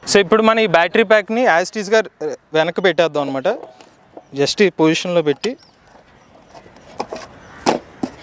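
Someone talks while the removable battery pack of an Austhraa Rifle T9 electric cycle is placed back into its slot on the frame and pushed into position. After the talk there is quiet handling with a few short knocks and taps near the end. Nothing has seated or clicked yet.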